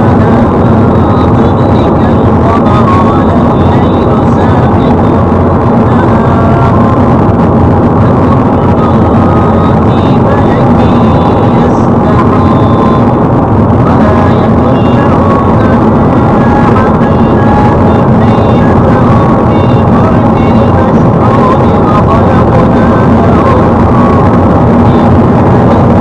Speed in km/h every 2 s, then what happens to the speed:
102, 103, 104, 104, 104, 103, 102, 102, 106, 108, 110, 112, 114.
0-14 steady at about 103. 14-26 speeds up to 114.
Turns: none.